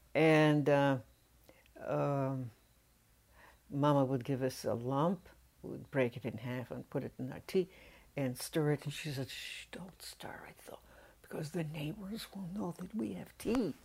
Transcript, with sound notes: and mama would give us a lump, and we'd break it in half and put it in our tea and and stir it and she says, [whispers] "Shhh, don't stir it so loud because the neighbors will know that we have tea."